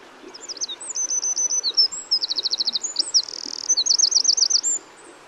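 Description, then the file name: Eurasian wren delivering an energetic high song of quick repeated notes, several trills and a rattling buzz, running over four seconds without a break. "Troglodytes troglodytes"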